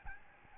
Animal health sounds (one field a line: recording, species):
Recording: mosquito wingbeat signal from an infrared sensor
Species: Aedes albopictus